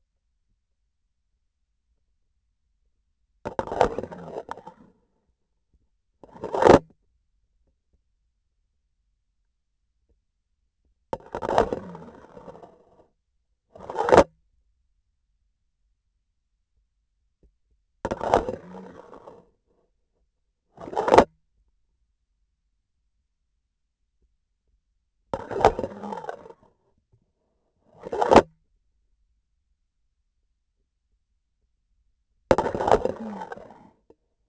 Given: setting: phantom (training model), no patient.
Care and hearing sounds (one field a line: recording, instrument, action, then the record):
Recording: laparoscopic instrument, vibration sensor on the handle end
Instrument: grasping forceps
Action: insertion and removal through the trocar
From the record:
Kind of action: spatial motion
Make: other than Olympus